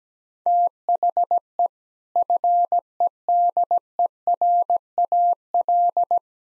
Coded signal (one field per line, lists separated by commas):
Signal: Morse code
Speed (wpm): 17 wpm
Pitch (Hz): 700 Hz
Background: none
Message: THE FEDERAL